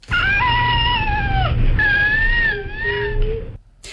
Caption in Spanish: El síndrome se llama precisamente cri du chat, porque es este sonido, este llanto, recuerda al maullido de un gato.